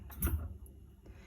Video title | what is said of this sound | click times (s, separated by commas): #مضرب_بيض كينوود Kenwood..طريقه التشغيل والمميزات والعيوب | لازم تسمعي التكة دي عشان الجهاز يشتغل معاكي مظبوط. | 0.2 s